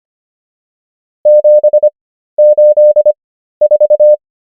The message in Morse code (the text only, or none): 784